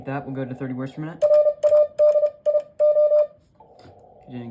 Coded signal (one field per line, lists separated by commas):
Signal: Morse code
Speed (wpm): 32 wpm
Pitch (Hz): 600 Hz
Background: speech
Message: RADIO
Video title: How fast can you copy Morse code?